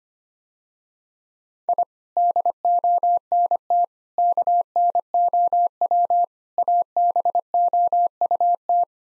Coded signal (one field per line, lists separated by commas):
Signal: Morse code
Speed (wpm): 25 wpm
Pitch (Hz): 700 Hz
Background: none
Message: I DONT KNOW ABOUT